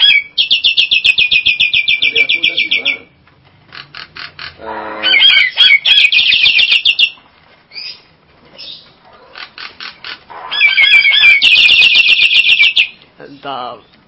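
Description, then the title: Nias hill myna calls, repeated bursts of fast rattling trills alternating with short whistles and chatter. "Jalak Nias"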